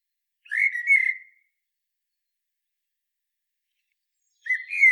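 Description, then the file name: Common blackbird's whistled phrase of fluty notes with a twittering tail, then a long pause before the next phrase starts. "Turdus merula"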